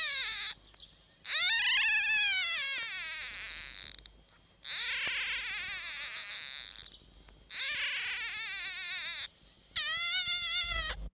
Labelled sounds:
Red Fox (Vulpes vulpes)

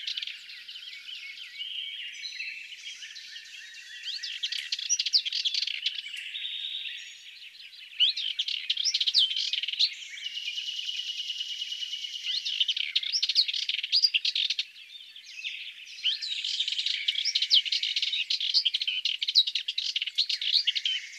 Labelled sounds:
Sardinian Warbler (Sylvia melanocephala) song

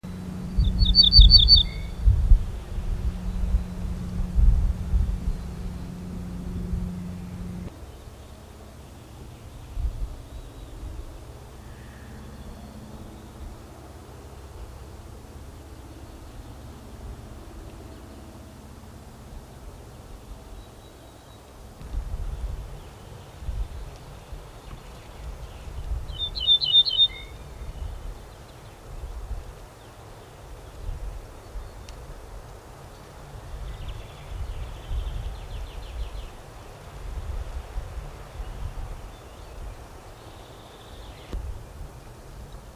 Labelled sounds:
Ortolan Bunting (Emberiza hortulana) song

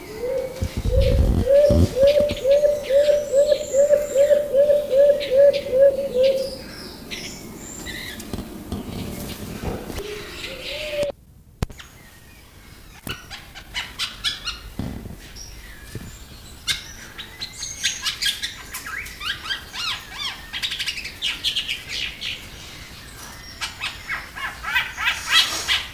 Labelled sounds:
Beautiful Fruit Dove (Ptilinopus pulchellus)

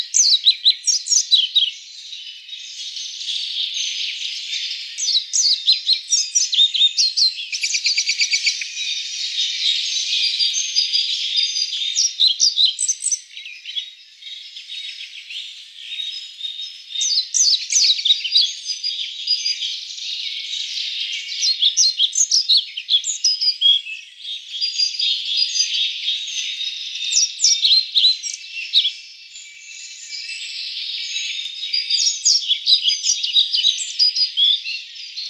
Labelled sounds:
European Pied Flycatcher (Ficedula hypoleuca) song

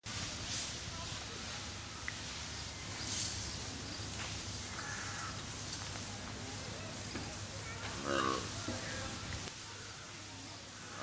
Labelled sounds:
Scimitar-horned Oryx (Oryx dammah) call

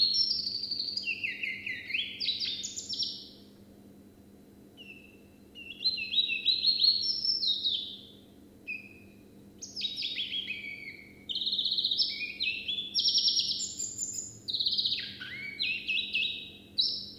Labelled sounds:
Willow Warbler (Phylloscopus trochilus)

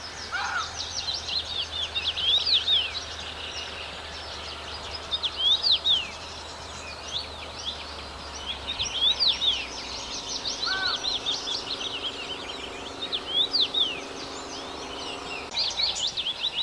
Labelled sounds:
Common Rosefinch (Carpodacus erythrinus)

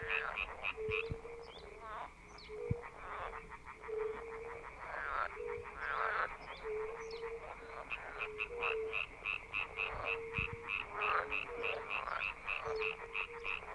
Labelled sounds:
Fire-Bellied Toad (Bombina bombina) call

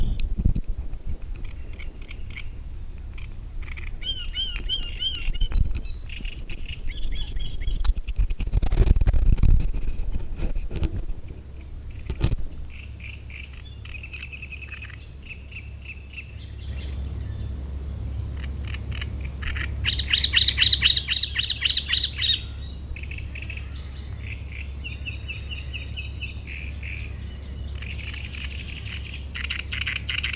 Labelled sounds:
Great Reed Warbler (Acrocephalus arundinaceus)

